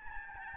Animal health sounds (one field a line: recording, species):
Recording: mosquito wingbeat signal from an infrared sensor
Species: Aedes albopictus